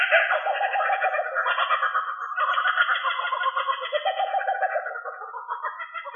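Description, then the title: Australorp chickens making a continuous harsh, pulsing, raspy chatter throughout, fading slightly toward the end. "manok ostrali"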